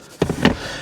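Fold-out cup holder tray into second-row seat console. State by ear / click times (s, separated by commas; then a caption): seated / 0.5 s. A plastic fold-out cup holder tray in the second-row seat console of a 2024 Lexus TX is pushed into position. Knocking and rattling start around 0.2 s, followed by a sharp click at 0.5 s as the tray snaps and locks into place.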